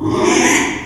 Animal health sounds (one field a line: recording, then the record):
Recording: squeal of a Yucatan mini pig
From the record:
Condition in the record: after surgery on the right vocal fold (resection and tissue-engineered implant)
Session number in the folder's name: 3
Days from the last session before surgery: 33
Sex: male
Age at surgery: 12 weeks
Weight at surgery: 13 kg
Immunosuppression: cyclosporine, prednisolone